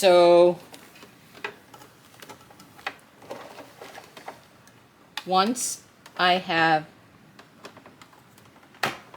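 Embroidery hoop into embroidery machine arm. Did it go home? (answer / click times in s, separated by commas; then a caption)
yes / 8.8 s. An embroidery hoop holding shirt fabric is slid onto the embroidery machine's hoop attachment until it latches. Someone talks between soft handling taps and rustles, and a sharp click at 8.8 s marks the hoop seating on the machine.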